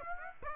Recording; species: mosquito wingbeat signal from an infrared sensor; Aedes aegypti